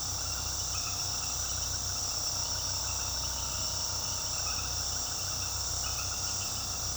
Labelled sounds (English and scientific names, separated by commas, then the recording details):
none
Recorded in pastures near Puerto Asís, Putumayo, Colombia, on 21 February 2024 at 21:30
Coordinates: 0.486, -76.323
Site G6462